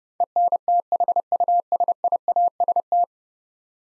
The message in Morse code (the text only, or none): ENTHUSIAST